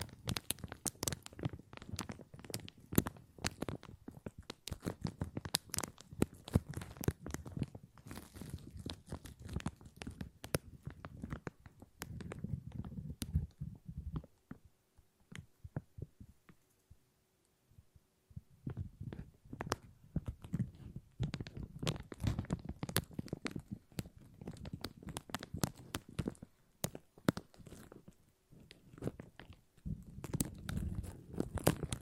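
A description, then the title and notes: Plastic crinkles in dense, irregular bursts of sharp crackles and snaps, with a softer low rustle underneath. The handling pauses to near silence from about 14 to 18 seconds, then resumes just as busily, with occasional louder pops until the end. ASMR Plastic Crinkle No Talking.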